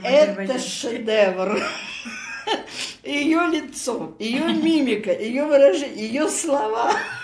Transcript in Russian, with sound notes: Это шедевр. [смеётся] Её лицо, её мимика, её выражение, её слова…